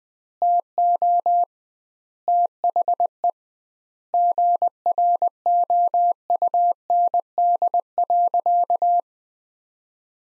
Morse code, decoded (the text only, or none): TO THE GROUND.